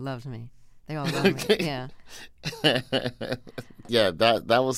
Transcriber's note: laughter